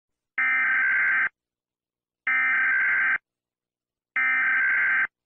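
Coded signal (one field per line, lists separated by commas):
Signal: Emergency Alert System (SAME) tones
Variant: header bursts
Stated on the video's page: Fictional scenario alert using tones with sound effects from online sources, not a real broadcast.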